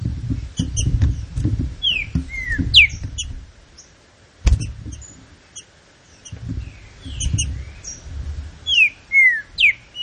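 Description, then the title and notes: Green-winged saltator singing a few phrases of bold, downslurred whistles, with scattered high chirps, a sharp knock and low rumbling noise between them. Classic song style, used for training birds. "Canto Clássico Trinca Ferro TREINAMENTO. trinca fero"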